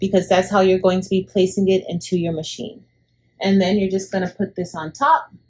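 Someone talks while handling the magnetic top frame of an embroidery hoop, about to place it on top of the fabric on the hoop's bottom frame. The talk pauses briefly around 2.9 to 3.4 seconds, with no distinct impacts. Nothing has seated or clicked yet: the top frame has not snapped onto the base.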